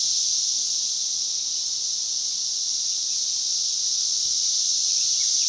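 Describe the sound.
Cicadas sustain a loud, even, high-pitched buzzing drone without any breaks or changes in pitch.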